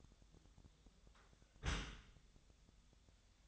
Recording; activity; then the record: daily activity, microphone in the room; close dishwasher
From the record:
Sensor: 3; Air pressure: 1004.7 hPa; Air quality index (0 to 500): 100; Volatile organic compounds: 4 ppm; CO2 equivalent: 1560 ppm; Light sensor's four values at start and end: 7/17/7/7 and 7/17/7/7